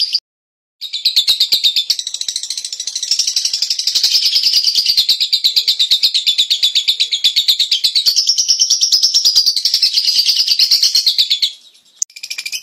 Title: Kicau Lovebird Terapi Masteran LABET Agar Labet Cepet NGEKEK PANJANG